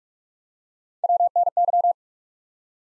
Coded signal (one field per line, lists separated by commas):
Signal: Morse code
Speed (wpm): 47 wpm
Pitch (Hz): 700 Hz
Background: none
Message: WNY